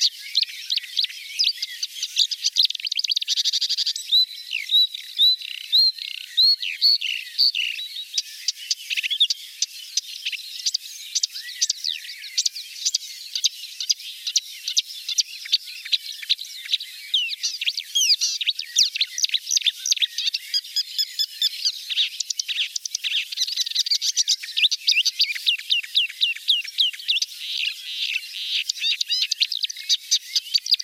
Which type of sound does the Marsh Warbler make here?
song